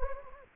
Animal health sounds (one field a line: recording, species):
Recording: mosquito wingbeat signal from an infrared sensor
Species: Anopheles gambiae